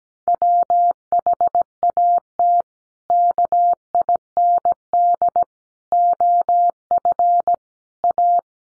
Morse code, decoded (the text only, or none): WHAT KIND OF A